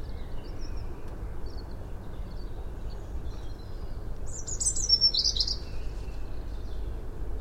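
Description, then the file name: European robin song: a few faint high notes, then a brief burst of high, tinkling notes past the middle, set against a continuous low rumble of noise. "Erithacus rubecula"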